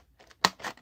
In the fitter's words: pops right in there just like that Tada